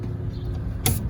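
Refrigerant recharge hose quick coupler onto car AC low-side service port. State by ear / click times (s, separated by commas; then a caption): seated / 0.9 s. The quick-connect coupler of a refrigerant recharge hose is pushed onto the low-pressure AC service port of a Civic coupe during an AC recharge. Over a steady low hum, a sharp, bright snap is heard at 0.9 s. The coupler snaps into place with a lock-tight fit.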